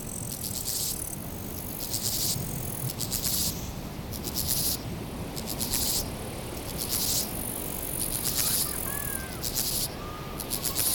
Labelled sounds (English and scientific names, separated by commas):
Steppe Grasshopper (Chorthippus dorsatus) stridulation